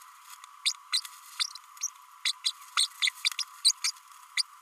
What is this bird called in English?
Green-rumped Parrotlet